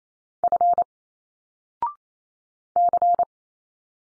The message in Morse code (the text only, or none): F C